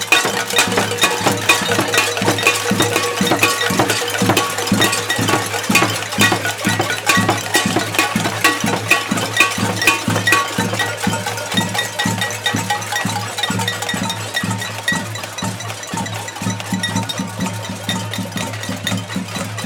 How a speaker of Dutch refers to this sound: Amsterdam is een machtige stad. En laat die macht ook klinken. Daarom lopen we nu naar de Stopra in optocht met onze potten en pannen. En we maken kabaal!